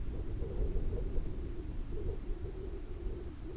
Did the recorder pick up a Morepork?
no